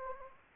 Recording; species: mosquito wingbeat signal from an infrared sensor; Anopheles gambiae